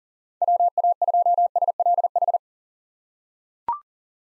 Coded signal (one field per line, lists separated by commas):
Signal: Morse code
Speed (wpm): 40 wpm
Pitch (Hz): 700 Hz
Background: none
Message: WA2SLH